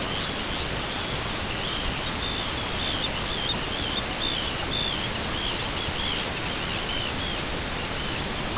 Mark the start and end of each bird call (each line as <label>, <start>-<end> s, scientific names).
Sterna paradisaea, 0.06-1.17 s
Sterna paradisaea, 1.53-8.25 s